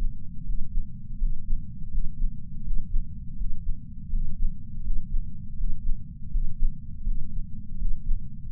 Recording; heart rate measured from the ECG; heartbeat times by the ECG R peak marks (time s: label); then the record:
heart sounds by patch sensor on the chest; 82 bpm
0.44 s: heartbeat
1.17 s: heartbeat
1.88 s: heartbeat
2.62 s: heartbeat
3.36 s: heartbeat
4.09 s: heartbeat
4.82 s: heartbeat
5.55 s: heartbeat
6.29 s: heartbeat
7.03 s: heartbeat
7.77 s: heartbeat
8.52 s: heartbeat
From the record:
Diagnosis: coronary artery disease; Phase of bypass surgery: postoperative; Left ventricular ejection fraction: 59.1%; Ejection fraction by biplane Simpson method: 55%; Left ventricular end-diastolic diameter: 46 mm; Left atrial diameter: 34 mm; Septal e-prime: 8 cm/s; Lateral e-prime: 6.5 cm/s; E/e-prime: 8.7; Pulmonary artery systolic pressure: 22 mmHg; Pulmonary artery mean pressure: 11 mmHg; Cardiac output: 4.38 L/min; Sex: male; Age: 58 years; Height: 160 cm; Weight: 70 kg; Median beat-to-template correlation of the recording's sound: 0.85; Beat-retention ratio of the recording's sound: 0.99